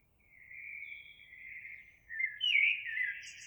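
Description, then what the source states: Eurasian blackbird song: a quiet drawn-out fluted note swells into a louder, bubbling warble that ends with high squeaky notes. Recorded on 26 April 2022.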